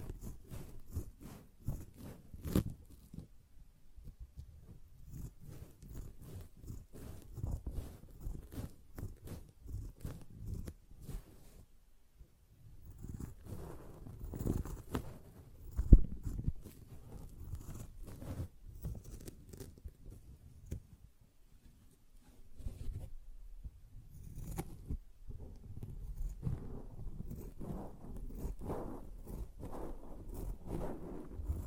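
A sponge is scratched, squished and brushed in busy, crackly bursts, mostly low and dull with frequent sharp ticks. Brief pauses fall near 12 and 22 seconds, and one harder snap stands out around 16 seconds before the rough scraping resumes.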